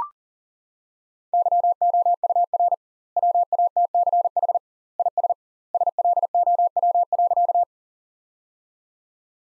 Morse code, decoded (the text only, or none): YOUR WATCH IS SLOW.